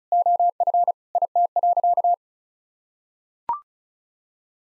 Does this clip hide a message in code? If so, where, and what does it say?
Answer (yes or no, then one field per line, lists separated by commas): yes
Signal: Morse code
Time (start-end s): 0.1-2.1 s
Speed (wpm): 35 wpm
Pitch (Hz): 700 Hz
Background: none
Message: OF IT.